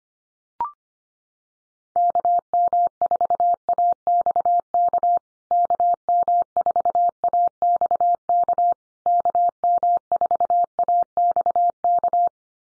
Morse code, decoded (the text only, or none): KM4AXK KM4AXK KM4AXK